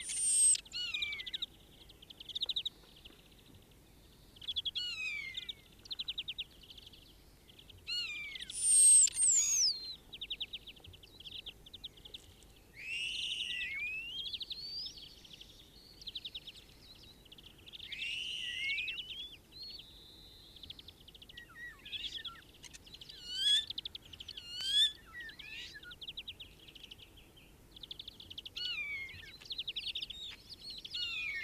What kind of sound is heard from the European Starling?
song